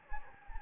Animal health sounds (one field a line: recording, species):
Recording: mosquito wingbeat signal from an infrared sensor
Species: Anopheles gambiae